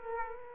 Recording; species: mosquito wingbeat signal from an infrared sensor; Aedes aegypti